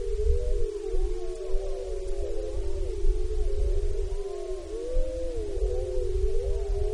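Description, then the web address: Wolf: wolves howling together, several overlapping wavering tones weaving up and down continuously, with a low rumble underneath. Wrangell-St. Elias, Alaska, 9 April 2015. "alaska acoustic highlights. Wolves"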